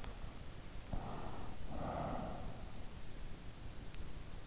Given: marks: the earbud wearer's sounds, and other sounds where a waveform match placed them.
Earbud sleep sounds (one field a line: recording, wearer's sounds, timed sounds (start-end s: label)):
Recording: sounds in sleep by an in-ear microphone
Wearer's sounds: breath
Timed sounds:
0.55-2.67 s: breath